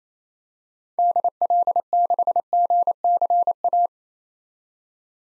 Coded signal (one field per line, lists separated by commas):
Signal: Morse code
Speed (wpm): 28 wpm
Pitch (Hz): 700 Hz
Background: none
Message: DL6GCA